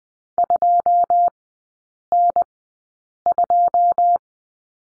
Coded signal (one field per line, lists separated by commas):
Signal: Morse code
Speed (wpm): 20 wpm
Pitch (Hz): 700 Hz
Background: none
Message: 2N2